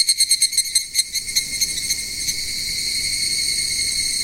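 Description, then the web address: Evening cicada call opening with a run of quick distinct pulses that blur into a continuous shrill metallic drone. "sikioto insect higurashi"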